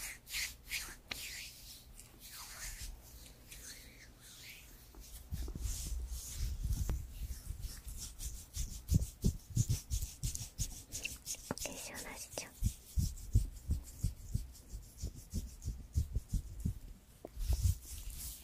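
Creamy product being massaged in, with soft rubbing and squishing, then from about five seconds dense low thumps and sticky slaps come quickly and irregularly.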